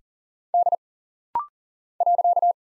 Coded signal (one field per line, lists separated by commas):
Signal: Morse code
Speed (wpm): 39 wpm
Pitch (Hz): 700 Hz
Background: none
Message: D .